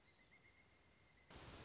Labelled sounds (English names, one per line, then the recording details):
Pileated Woodpecker
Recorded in Sonoma County, California